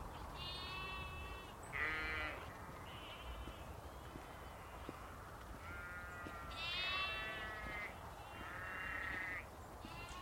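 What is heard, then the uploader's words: New lambs bleat over and over in wavering, nasal calls, loudest near the two-second mark and again from about six to nine seconds. A steady low rumble runs underneath throughout, and a few faint, high bird chirps break through now and then. New lambs and early birds on a frozen Monmouth-Brecon canal in Wales. We take an icy dawn walk along the frozen Mon-Brec canal in Monmouthshire to hear song thrushes, siskins, tits, a great spotted woodpecker and even a brief burst of treecreeper.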